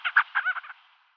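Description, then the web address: Crowned sandgrouse call: a short rapid gurgling phrase of several throaty notes, trailing off after under a second. "Schulze Peter Crowned Sandgrouse"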